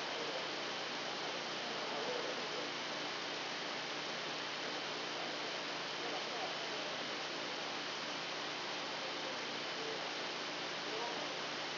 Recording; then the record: brain microelectrode recording played as sound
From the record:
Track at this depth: outside the subthalamic nucleus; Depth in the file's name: 0.714 mm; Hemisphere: left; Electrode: 2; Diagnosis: Parkinson's disease